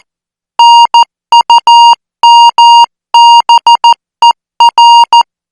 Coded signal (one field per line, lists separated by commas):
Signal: Morse code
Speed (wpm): 14 wpm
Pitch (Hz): 940 Hz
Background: music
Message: NUMBER